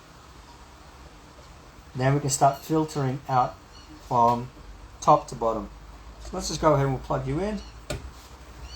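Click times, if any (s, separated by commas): 7.9 s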